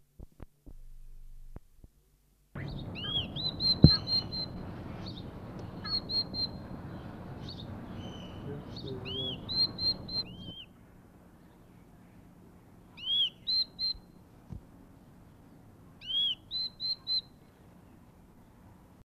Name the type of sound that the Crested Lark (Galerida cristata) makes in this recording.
call